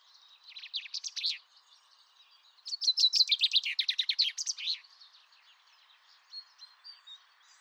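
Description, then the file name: Common chaffinch singing two rattling, downward-running phrases, plus a few faint high notes afterward. "Fringilla coelebs"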